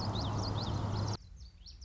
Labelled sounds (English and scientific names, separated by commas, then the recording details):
Common Yellowthroat (Geothlypis trichas)
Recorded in Sonoma County, California